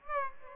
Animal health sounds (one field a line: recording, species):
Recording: mosquito wingbeat signal from an infrared sensor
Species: Aedes aegypti